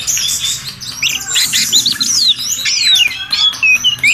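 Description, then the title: Bird song, a dense run of quick whistled slurs and sharp chirps, many sweeping down steeply, with short bright notes packed closely throughout. "SuaraBurung Kicau9"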